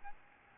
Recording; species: mosquito wingbeat signal from an infrared sensor; Aedes albopictus